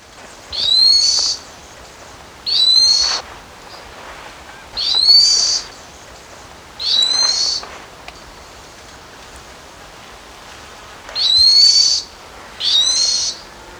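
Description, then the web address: White-banded tyrannulet calls: six thin, high, slurred notes, each a short bright phrase, at irregular intervals over a steady background hiss. Recorded in Ecuador. "S America Birds of Ecuador. White-Banded Tyrannulet"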